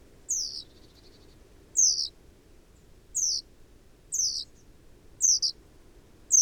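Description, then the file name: Great tit calls: clear, high, downward-sweeping notes repeated at roughly one-second intervals, a quick double note near the end, with quiet low hum behind. "Parus major"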